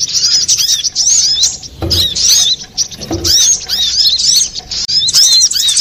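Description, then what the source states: Little spiderhunter song: bright, squeaky, arching notes in rapid runs, interrupted by two low knocking sounds. Used to train cage birds; Indonesian name sogok ontong, labelled labaik.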